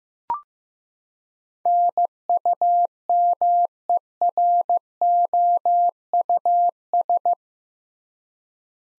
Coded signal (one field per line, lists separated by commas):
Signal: Morse code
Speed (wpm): 15 wpm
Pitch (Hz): 700 Hz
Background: none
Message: NUMEROUS